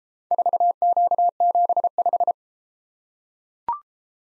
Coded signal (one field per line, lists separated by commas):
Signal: Morse code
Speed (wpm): 32 wpm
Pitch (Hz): 700 Hz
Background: none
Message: 4Q75